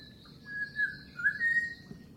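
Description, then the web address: Unidentified bird giving soft, wavering whistles in a few short phrases. Recorded in mangroves. "Sound Effects-Foundation 1 BIRD UNKNOWN MAGROVES"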